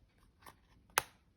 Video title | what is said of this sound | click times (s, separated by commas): More 12 x 12” paper journal ideas. Part 3 - Two different closures #journal #scrapbooking #closures | See? You can actually hear them click. | 1.0 s